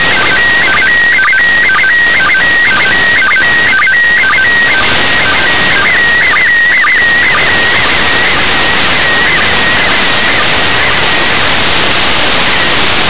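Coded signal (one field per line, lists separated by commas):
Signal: SSTV (slow-scan television)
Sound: steady warbling tone with a regular chirping blip about twice a second, over hiss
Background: radio static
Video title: 04.08.2019 13:37UTC, ISS SSTV online capture, local loop2, 145.800MHz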